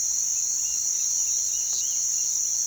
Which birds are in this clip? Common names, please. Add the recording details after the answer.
Roadside Hawk. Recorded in pastures near Puerto Asís, Putumayo, Colombia, on 19 February 2024 at 07:30. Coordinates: 0.468, -76.328. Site G6414